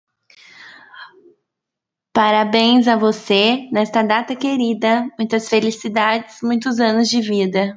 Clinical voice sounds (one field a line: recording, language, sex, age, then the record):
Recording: short text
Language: Brazilian Portuguese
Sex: female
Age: 20 to 29 years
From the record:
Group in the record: control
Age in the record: 23 years